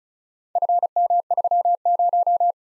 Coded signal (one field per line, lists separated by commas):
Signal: Morse code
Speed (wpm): 36 wpm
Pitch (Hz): 700 Hz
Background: none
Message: FM30